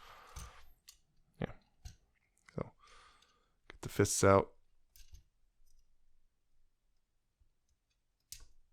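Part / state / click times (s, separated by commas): robot toy fist into forearm / seated / 8.3 s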